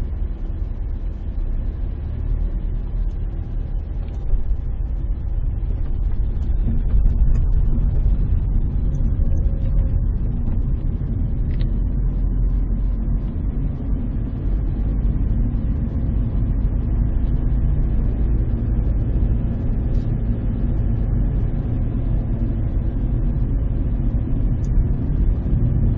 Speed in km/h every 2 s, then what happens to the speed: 9, 9, 11, 13, 19, 21, 20, 21, 22, 25, 26, 27, 30.
0-5 steady at about 9. 5-9 speeds up to 21. 9-15 steady at about 21. 15-26 speeds up to 30.